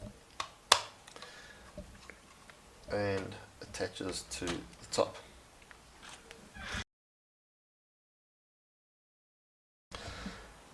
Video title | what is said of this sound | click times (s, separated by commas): 10266 Lego Lunar Lander Review Video | and the two levers that lines up and it just clicks right in there | 0.7 s